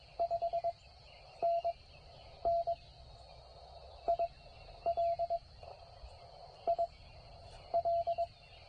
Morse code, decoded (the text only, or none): 5NN IL IL